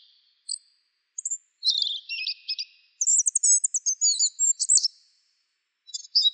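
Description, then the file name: Asian brown flycatcher with high, thin chips leading into a longer rapid twittering trill midway, then a short burst at the end; quiet background. "sikatan bubik"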